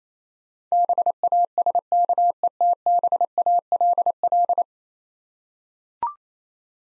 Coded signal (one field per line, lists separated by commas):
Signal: Morse code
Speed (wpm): 28 wpm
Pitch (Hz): 700 Hz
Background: none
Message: BASKETBALL